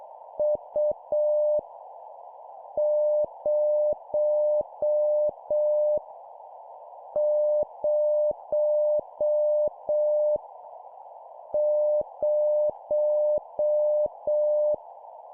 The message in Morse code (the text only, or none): U 0 0 0